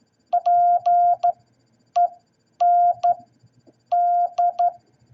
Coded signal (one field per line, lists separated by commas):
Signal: Morse code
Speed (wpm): 12 wpm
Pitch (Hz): 700 Hz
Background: none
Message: PEND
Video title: What Is Independence Day In Morse Code?